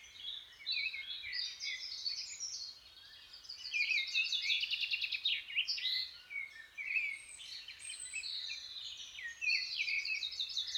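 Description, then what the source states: Birds singing together, dense high chirps, trills and sweeping whistles running almost continuously, with brief quieter gaps. Birds waking up.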